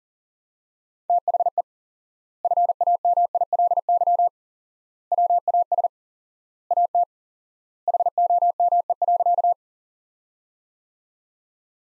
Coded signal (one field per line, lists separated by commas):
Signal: Morse code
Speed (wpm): 40 wpm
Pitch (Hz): 700 Hz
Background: none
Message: THE FAMILY WAS AT HOME.